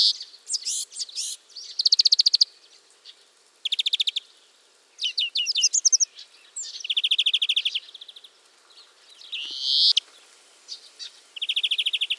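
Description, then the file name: European greenfinch song, a lively run of chattering trills and twittering notes with a brief rising wheeze, phrases separated by short gaps. "Chloris chloris"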